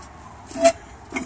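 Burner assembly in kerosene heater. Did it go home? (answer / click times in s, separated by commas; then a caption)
no / none. A burner assembly is fitted back into a Perfection kerosene heater during wick cleaning, and it is not seated. A rising noisy burst peaks around 0.7 s with a brief ringing tone, followed by a shorter, softer burst near 1.2 s over low background noise. Nothing has seated or clicked yet.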